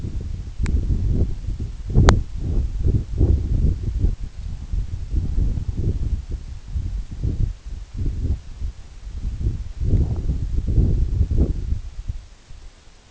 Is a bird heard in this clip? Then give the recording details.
no. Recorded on Arctic tundra, site EABA-1, on 29 June 2018. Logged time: 20:00